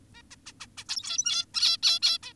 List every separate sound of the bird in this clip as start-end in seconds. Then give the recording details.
0.14-0.22, 0.31-0.36, 0.46-0.53, 0.60-0.67, 0.78-0.84, 0.89-1.46, 1.54-1.78, 1.83-2.00, 2.02-2.18, 2.23-2.33. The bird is an adult. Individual g17y2U